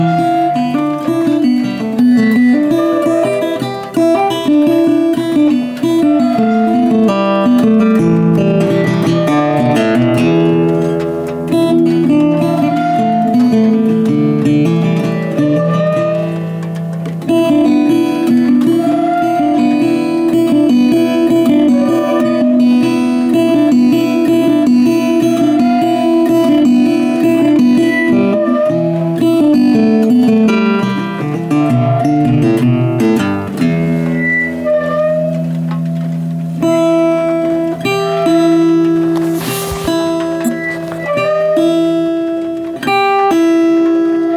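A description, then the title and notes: Guitar improvisation with strings left ringing so the notes chime like bells, overlapping into sustained chords. The playing is steady and full throughout, shifting chords around 10, 17 and 33 seconds, with a bright plucked accent near 40 seconds. Played & recorded late Saturday night in the woodshed.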